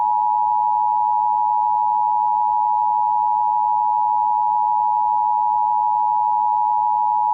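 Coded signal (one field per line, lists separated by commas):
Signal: Emergency Alert System (SAME) tones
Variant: 853 and 960 Hz attention tone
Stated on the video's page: EAS tones of a Flash Flood Warning relayed on WJON.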